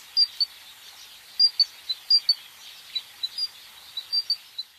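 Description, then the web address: Lawrence's goldfinch giving sharp, high, clipped call notes, often in pairs, scattered irregularly over a faint steady hiss. "Songs of Birds of North America Stokes. Lawrences Goldfinch"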